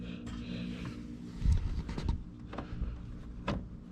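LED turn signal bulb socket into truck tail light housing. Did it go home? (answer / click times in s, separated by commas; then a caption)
yes / 3.5 s. A Lasfit LED turn signal bulb socket is set into the notch of a 2019 Silverado tail light housing and given a quarter turn clockwise. Low rumbling handling and scraping noises lead up to a sharp click at 3.5 s as the socket locks into place.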